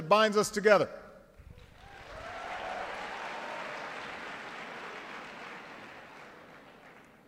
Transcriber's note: applause